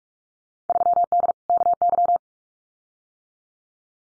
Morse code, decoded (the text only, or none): 3D KY